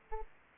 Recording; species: mosquito wingbeat signal from an infrared sensor; Aedes aegypti